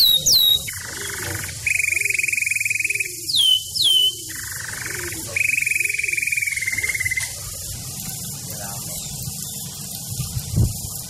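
Bird singing long flat buzzy notes broken by quick high downslurred whistles, pausing between phrases, then fainter chatter toward the end.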